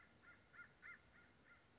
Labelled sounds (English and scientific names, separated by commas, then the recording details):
American Crow (Corvus brachyrhynchos)
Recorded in Sonoma County, California